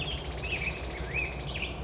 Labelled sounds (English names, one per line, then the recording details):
Black-headed Grosbeak
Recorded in Sonoma County, California